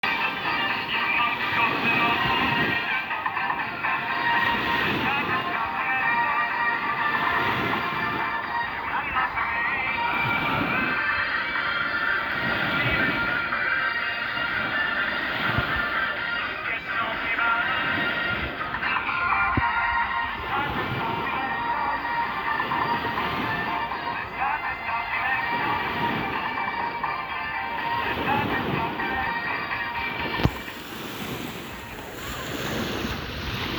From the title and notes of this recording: Children playing in the sea at the sunset.